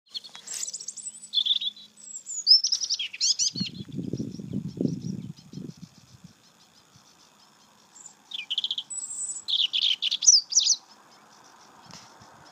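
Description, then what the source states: Bird singing high, quick twittering phrases in two bursts separated by a pause, with a brief low rumbling noise in between. Bird song in Ireland.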